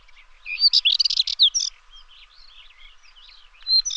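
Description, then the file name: Dartford warbler giving a quick harsh, scratchy chatter, followed by softer squeaky notes and a final brief burst. "Sylvia undata"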